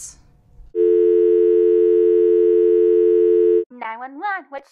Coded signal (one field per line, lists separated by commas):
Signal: telephone call progress tone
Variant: North America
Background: speech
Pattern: dial tone